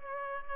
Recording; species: mosquito wingbeat signal from an infrared sensor; Culex pipiens